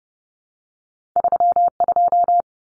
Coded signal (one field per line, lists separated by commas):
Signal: Morse code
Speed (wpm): 30 wpm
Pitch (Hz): 700 Hz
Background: none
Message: 32